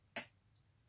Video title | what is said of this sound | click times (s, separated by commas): REVERE 85 8mm PROJECTOR SHOWCASE AND OPERATION | then you would route it through here, this lower wheel, and then that locked it into place. | 0.2 s